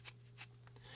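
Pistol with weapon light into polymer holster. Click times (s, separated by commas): 0.7 s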